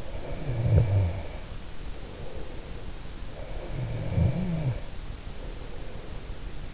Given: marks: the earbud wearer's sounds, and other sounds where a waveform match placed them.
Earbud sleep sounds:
sounds in sleep by an in-ear microphone; snoring breath
0.14-2.70 s: snoring breath
3.61-6.07 s: snoring breath

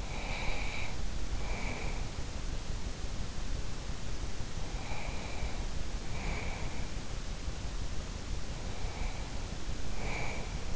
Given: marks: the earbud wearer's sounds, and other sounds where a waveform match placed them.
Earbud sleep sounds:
sounds in sleep by an in-ear microphone; breath
0.00-2.20 s: breath
4.44-7.16 s: breath
8.49-10.76 s: breath

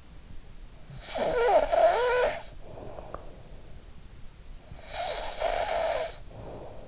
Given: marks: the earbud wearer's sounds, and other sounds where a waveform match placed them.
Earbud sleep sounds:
sounds in sleep by an in-ear microphone; snoring breath
0.20-3.51 s: snoring breath
4.14-6.88 s: snoring breath

